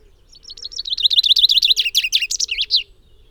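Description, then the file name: Common chaffinch singing one full phrase, a bright, rapid series of repeated chipping notes that closes with a quick downward flourish, faint low rumble underneath. "Fringilla coelebs"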